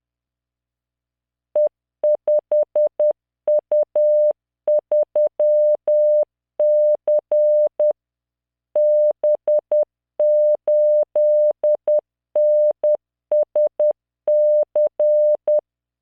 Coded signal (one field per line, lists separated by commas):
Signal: Morse code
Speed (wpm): 10 wpm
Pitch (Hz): 600 Hz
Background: none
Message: E5U3C B8NSC